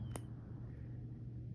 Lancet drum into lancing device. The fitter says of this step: and now that it's clicked it's ready so i can go ahead and cap it again